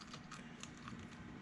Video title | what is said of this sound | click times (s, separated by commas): 2000 Toyota Echo spark plug replacement | slides right on you'll hear a click and that's all you need | 0.6 s